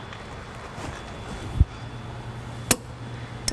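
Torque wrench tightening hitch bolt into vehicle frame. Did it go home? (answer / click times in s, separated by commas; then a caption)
yes / 2.7 s, 3.5 s. A torque wrench set to 59 ft-lb tightens a steel trailer hitch mounting bolt into the frame of a 2019 Chevrolet Cruze. Over a low background hum, it gives sharp clicks at 2.7 s and 3.5 s, showing the set torque has been reached.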